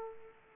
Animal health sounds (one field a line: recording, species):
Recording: mosquito wingbeat signal from an infrared sensor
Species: Aedes aegypti